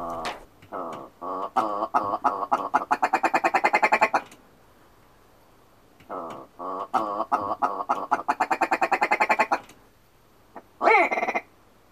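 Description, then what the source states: Willow ptarmigan laugh: a series of nasal croaking notes speeding up into a rapid chatter, given twice, followed by a short harsh call. Laugh call; very common in northern Lapland, Finland.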